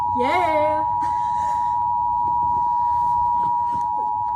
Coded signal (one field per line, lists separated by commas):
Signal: Emergency Alert System (SAME) tones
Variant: 853 and 960 Hz attention tone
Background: speech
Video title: Actual eas radio test last eas was fake this one is real